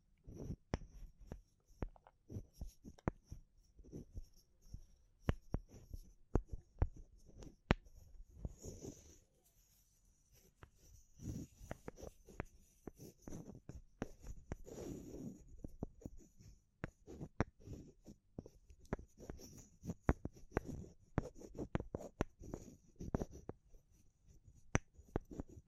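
Wood, bamboo and straw being handled, with dense, irregular taps, clicks and knocks throughout. Sharp clicks alternate with softer rustling and scratching, and brief louder crackles come around 9 and 15 seconds. A faint high whine stays in the background.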